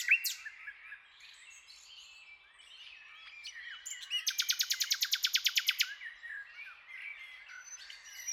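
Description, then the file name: Common nightingale song: soft varied twittering, then a loud, fast series of identical repeated notes, followed by quieter warbling. "Luscinia megarhynchos"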